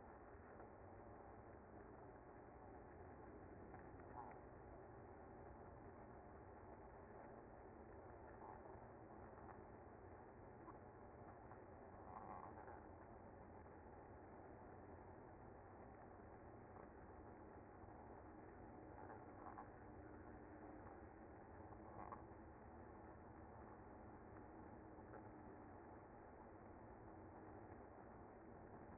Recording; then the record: honeybee colony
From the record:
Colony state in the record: active